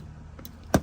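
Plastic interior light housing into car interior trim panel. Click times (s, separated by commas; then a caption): 0.7 s. After its LED bulb is swapped and tested, the plastic interior light housing of a Mercedes W210 is pushed up, connector end first, into the car's interior trim panel. Two faint ticks at about 0.4 and 0.5 s precede a sharp, loud snap at 0.7 s as the housing seats in place.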